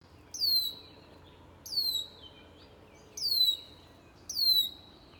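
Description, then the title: Red-winged blackbird giving sharp, high descending alarm calls, four in about five seconds, each a bright downslurred note, over a low steady background hum. Bird agitated at the recordist. "Red wing blackbird mad at me"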